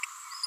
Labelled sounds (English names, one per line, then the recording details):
Green-rumped Parrotlet babbling
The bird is a female
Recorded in a nest box in Venezuela
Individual 17B42A4